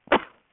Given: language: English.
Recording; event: throat vibration sensor signal played as sound; cough